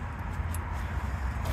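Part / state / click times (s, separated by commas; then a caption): brake pad hardware clip into caliper bracket / seated / 0.5 s. A metal abutment/anti-rattle clip is pressed into a brake caliper bracket during a brake pad change. One short, sharp snap is heard at 0.5 s over a steady low rumble, and the clip is seated in place.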